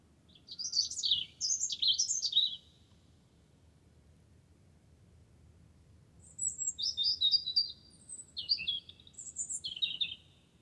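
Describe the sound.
Wren singing high, jumbled warbles, pausing for several seconds before a second stretch of rapid high notes.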